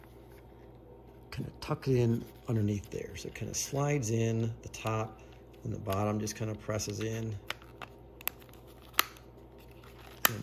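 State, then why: Seated. A red plastic display window goes into a hand controller housing: its top is tucked under and slides in, then the bottom is pressed in while someone talks. It snaps into place with sharp clicks at 9.0 s and 10.3 s, and the window is seated.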